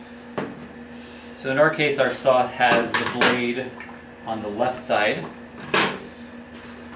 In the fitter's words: just snaps back into place so